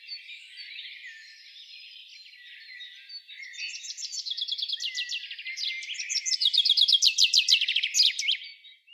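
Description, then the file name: Common chaffinch song: after a few faint seconds, a bright rattling run of repeated notes ending in a quick flourish. "Fringilla coelebs"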